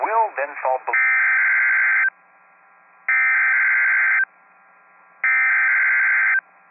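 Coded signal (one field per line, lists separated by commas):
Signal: Emergency Alert System (SAME) tones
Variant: header bursts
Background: speech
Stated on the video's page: NOAA Weather Radio alert tones from statewide tornado drills in Illinois and Kentucky, issued by several NWS offices.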